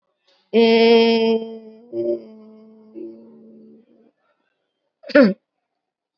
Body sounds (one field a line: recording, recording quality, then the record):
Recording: sustained vowel as in made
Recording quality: excellent, no background noise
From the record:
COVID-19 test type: RT-PCR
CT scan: not taken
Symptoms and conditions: cough, sore throat, another condition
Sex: female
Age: 22 years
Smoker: no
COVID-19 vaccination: both doses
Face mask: worn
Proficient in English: yes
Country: India